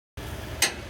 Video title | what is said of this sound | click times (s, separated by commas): 2022 Toyota Corolla Apex GGP(Grocery Getter Performance) Rear Engine Mount Install. | once you hear that click now so you know when it's torqued down | 0.6 s